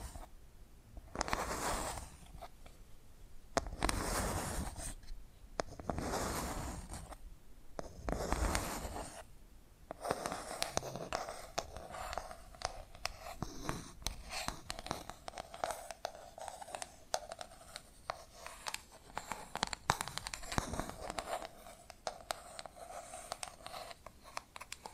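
Tapping and scratching sounds by hand, moving between dense, rustling scratches and short, sharp taps. The first ten seconds bring bursts of heavy scraping, then lighter, irregular clicks and brushing strokes continue at a fairly steady pace to the end.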